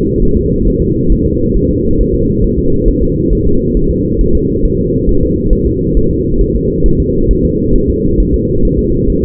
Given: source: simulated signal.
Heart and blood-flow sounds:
fetal heart sounds
0.22 s: S1
0.37 s: S2
0.68 s: S1
0.82 s: S2
1.12 s: S1
1.26 s: S2
1.57 s: S1
1.71 s: S2
2.00 s: S1
2.15 s: S2
2.44 s: S1
2.58 s: S2
2.88 s: S1
3.03 s: S2
3.33 s: S1
3.47 s: S2
3.77 s: S1
3.91 s: S2
4.21 s: S1
4.35 s: S2
4.65 s: S1
4.79 s: S2
5.09 s: S1
5.23 s: S2
5.53 s: S1
5.67 s: S2
5.97 s: S1
6.11 s: S2
6.41 s: S1
6.55 s: S2
6.86 s: S1
7.00 s: S2
7.31 s: S1
7.45 s: S2
7.75 s: S1
7.90 s: S2
8.20 s: S1
8.34 s: S2
8.65 s: S1
8.79 s: S2
9.10 s: S1
9.24 s: S2
From the record:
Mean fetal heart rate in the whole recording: 135 bpm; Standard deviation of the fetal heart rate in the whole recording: 3 bpm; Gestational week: 36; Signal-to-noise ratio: -16.4 dB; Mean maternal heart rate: 72 bpm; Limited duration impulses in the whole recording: present

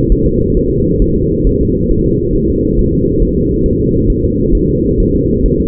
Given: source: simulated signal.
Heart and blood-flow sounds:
fetal heart sounds
0.12 s: S1
0.27 s: S2
0.57 s: S1
0.71 s: S2
1.02 s: S1
1.16 s: S2
1.47 s: S1
1.61 s: S2
1.92 s: S1
2.06 s: S2
2.36 s: S1
2.50 s: S2
2.79 s: S1
2.94 s: S2
3.23 s: S1
3.37 s: S2
3.66 s: S1
3.80 s: S2
4.10 s: S1
4.24 s: S2
4.55 s: S1
4.69 s: S2
5.00 s: S1
5.14 s: S2
5.46 s: S1
5.60 s: S2
From the record:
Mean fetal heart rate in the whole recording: 135 bpm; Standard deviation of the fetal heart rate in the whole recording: 3 bpm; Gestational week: 36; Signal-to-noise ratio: -10.2 dB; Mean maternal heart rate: 72 bpm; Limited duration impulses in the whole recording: present

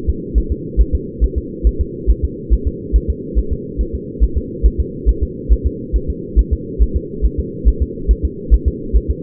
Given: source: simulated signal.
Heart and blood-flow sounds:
fetal heart sounds
0.10 s: S2
0.38 s: S1
0.52 s: S2
0.81 s: S1
0.95 s: S2
1.24 s: S1
1.38 s: S2
1.67 s: S1
1.81 s: S2
2.10 s: S1
2.25 s: S2
2.53 s: S1
2.68 s: S2
2.96 s: S1
3.10 s: S2
3.39 s: S1
3.53 s: S2
3.81 s: S1
3.95 s: S2
4.24 s: S1
4.38 s: S2
4.66 s: S1
4.80 s: S2
5.09 s: S1
5.23 s: S2
5.53 s: S1
5.67 s: S2
5.96 s: S1
6.10 s: S2
6.39 s: S1
6.53 s: S2
6.82 s: S1
6.97 s: S2
7.26 s: S1
7.40 s: S2
7.68 s: S1
7.82 s: S2
8.11 s: S1
8.25 s: S2
8.54 s: S1
8.68 s: S2
8.96 s: S1
9.11 s: S2
From the record:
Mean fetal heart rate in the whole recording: 140 bpm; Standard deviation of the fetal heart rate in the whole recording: 2 bpm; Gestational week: 34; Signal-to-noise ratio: -4.3 dB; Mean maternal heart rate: 72 bpm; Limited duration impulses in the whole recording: absent

